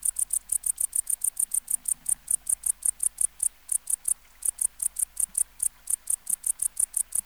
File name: Tettigonia hispanica